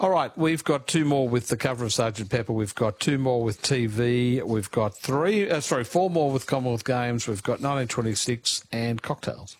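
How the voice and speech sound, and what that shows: A single adult man speaks clearly and fluently at a steady conversational pace, listing quiz categories in a lively, slightly varied tone. Voice quality is clear with normal articulation and brief natural pauses, consistent with ordinary healthy speech.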